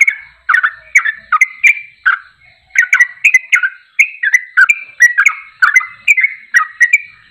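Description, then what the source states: Yellow-vented bulbul producing rich, gurgling whistled notes in short rapid groups separated by tiny breaks. Champion (juara) bird singing in tembakan style, used as masteran training audio.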